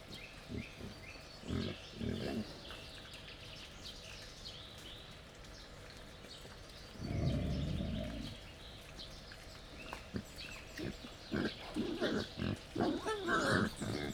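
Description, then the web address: Wild boar grunting in short low bursts, with a longer, louder grunting spell in the middle and more bursts near the end. Wild boar at a laid-out feeding table in Jászberény Zoo, recorded 1 May 2015. "allathangok jaszberenyizoo 2015 professzionalis vaddiszno teritettasztal c 05 01"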